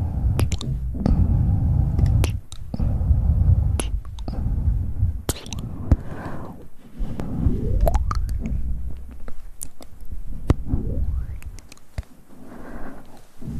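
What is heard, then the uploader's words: Tingly mouth sounds and hand movements: a stream of sharp, wet clicks and pops scattered through the whole clip, over a steady low rustling murmur. A few rising, swooping sounds come near the middle and again around eleven seconds. ASMR Tingly Mouth Sounds & Hand Movements.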